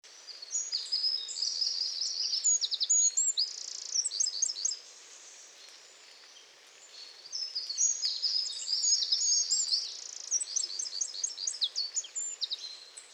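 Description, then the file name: Eurasian wren song, two long bursts of high, rapid notes with fast buzzy trills, separated by a brief pause, over a steady hiss of background noise. "Troglodytes troglodytes"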